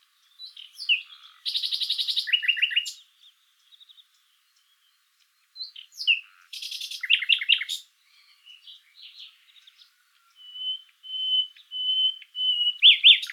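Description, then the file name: Common nightingale song: rapid buzzy rattles and repeated chirps in two phrases, then a thin steady whistle leading into a final loud note. "Luscinia megarhynchos"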